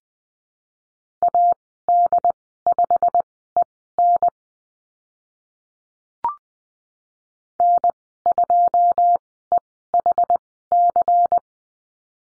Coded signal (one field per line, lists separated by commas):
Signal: Morse code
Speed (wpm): 20 wpm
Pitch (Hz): 700 Hz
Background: none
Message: AD5EN N2EHC